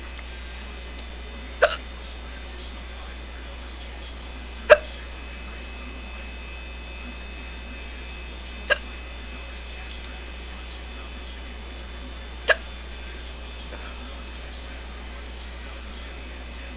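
Four sharp, brief gulping hiccups in an adult, about every 3 to 4 seconds, roughly 17 a minute, over quiet background hum.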